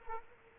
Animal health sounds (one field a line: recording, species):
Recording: mosquito wingbeat signal from an infrared sensor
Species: Culex quinquefasciatus